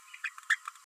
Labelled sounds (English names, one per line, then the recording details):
Green-rumped Parrotlet babbling
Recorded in a nest box in Venezuela
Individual 18B12A1